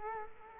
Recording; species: mosquito wingbeat signal from an infrared sensor; Culex quinquefasciatus